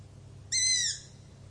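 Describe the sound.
One high, hissy owl scream lasting roughly half a second, with steady low background hum.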